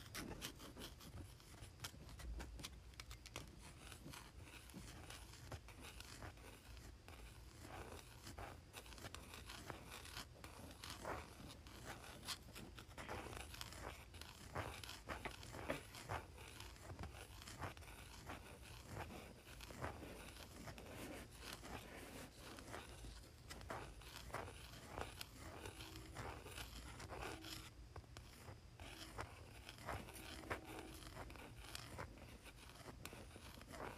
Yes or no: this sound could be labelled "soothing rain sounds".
no